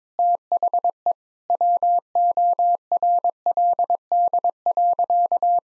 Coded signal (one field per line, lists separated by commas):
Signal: Morse code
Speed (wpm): 22 wpm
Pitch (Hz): 700 Hz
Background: none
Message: THE WORLD.